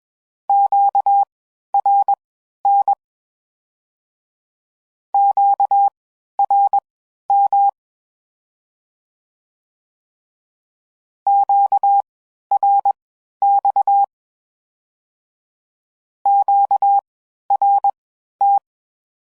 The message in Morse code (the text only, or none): QRN QRM QRX QRT